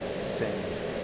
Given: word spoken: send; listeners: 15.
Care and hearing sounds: one English word in noise, from a listening test; speech-shaped noise; -4.4 dB; 5 of 15; 7 of 15; 0.64 s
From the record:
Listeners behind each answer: 7, 5, 2, 1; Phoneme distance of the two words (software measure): 27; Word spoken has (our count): 1 syllable, 4 phonemes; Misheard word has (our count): 1 syllable, 3 phonemes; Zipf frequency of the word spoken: 4.95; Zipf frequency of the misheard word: 4.94

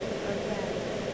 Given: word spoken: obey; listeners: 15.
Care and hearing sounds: one English word in noise, from a listening test; speech-shaped noise; -6.9 dB; 1 of 15; 7 of 15; 0.74 s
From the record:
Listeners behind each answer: 7, 2, 1, 1, 1, 1, 1, 1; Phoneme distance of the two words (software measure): 20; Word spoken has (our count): 2 syllables, 3 phonemes, stress on syllable 2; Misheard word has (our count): 2 syllables, 3 phonemes, stress on syllable 2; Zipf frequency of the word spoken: 3.52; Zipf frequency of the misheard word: 4.81

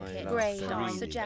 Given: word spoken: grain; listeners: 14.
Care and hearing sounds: one English word in noise, from a listening test; four-talker babble; 0.8 dB; 1 of 14; 7 of 14; 0.86 s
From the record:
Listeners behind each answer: 7, 2, 2, 1, 1, 1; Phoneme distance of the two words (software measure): 7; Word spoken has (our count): 1 syllable, 4 phonemes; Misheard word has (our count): 1 syllable, 3 phonemes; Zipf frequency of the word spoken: 3.97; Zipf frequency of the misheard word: 4.51

